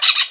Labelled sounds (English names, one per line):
Brown-throated Parakeet contact call